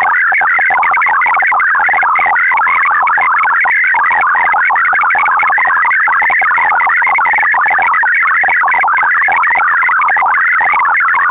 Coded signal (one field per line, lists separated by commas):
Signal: multi-tone FSK (Olivia or MFSK type)